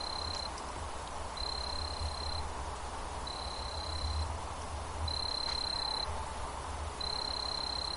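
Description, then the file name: Kayahibari cricket song, thin high trills about a second long, repeated roughly every two seconds over a low steady hum. 14 May 2014. "20140514 A-kayahibari 2"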